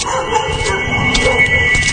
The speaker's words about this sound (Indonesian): Tiba-tiba saja anjing yang ada di ujung jembatan itu melolong. Sangat mengagetkan. Melolong menggonggong sangat keras ke arahku. Seakan menatapku terus menggonggong dan melolong.